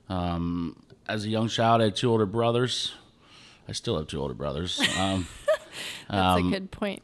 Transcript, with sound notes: As a young child, I had two older brothers, I still have two older brothers.
[laughs] That's a good point.